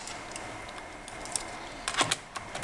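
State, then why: Not seated. A 2.5-inch hard drive is handled as it goes back into the drive bay of an HP DV9000 laptop, back end first, over a faint steady hum. Light plastic taps and knocks sound around 0.4, 1.4, 1.9, 2.1 and 2.6 seconds. The drive has not yet been pushed down into place, and nothing has seated or clicked.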